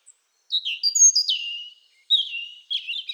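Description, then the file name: European robin song: thin, high warbled phrases sliding down in pitch, a sharp downward sweep, then two more rippling phrases after a short pause. "Erithacus rubecula"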